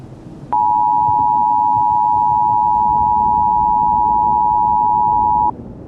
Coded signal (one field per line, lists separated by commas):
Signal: Emergency Alert System (SAME) tones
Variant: 853 and 960 Hz attention tone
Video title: EAS Scenario: Absolutely Radioactive Part 9 THE GRAND FINALE